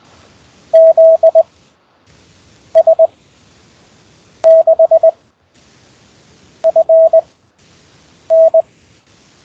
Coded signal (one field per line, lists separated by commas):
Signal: Morse code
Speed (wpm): 20 wpm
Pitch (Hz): 650 Hz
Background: none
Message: ZS6FN